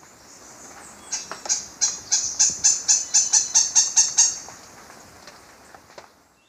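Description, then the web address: Lineated Foliage-gleaner song: a fast series of many dry, harsh, high notes, then a few scattered fainter notes trailing off. Ecuador. "Birds of Ecuador. Lineated Foliage-gleaner"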